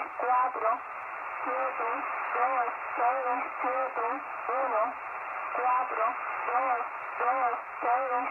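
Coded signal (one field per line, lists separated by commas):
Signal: numbers station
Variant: HM01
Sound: a voice over radio reading short words at a steady, even pace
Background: radio static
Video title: Numbers (Spy) Station out of Havana Cuba. HM01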